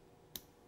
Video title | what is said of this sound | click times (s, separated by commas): Lotus Emira Workshop 2 - Here’s HOW to Fix Broken Storage Netting | go and there was a click and | 0.4 s